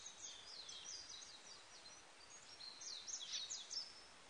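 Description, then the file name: Japanese bush warbler song: rapid, high twittering warbled phrases in two bursts, against a steady hiss of background noise. Recorded on 18 April 1998. "980418 uguisu"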